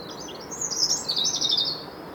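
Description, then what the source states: European robin song: one warbling phrase of high, liquid, varied notes over a steady background hiss. Song said to sound wistful and sad in winter, with a brighter, more cheerful melody in spring.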